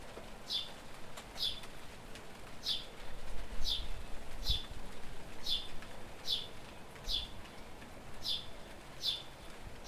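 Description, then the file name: House sparrow chirps, short bright single notes repeated in a series over a low background rumble. "Passer domesticus"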